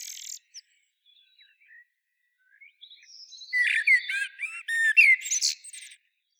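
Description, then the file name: Common blackbird delivering a rapid twittering phrase of squeaky, rising and falling notes in the second half, after faint scattered notes and quiet. "Turdus merula"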